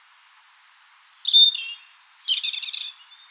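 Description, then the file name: European robin song: a thin high whistle leading into clear notes and a dense, fast twittering trill that fades away. "Erithacus rubecula"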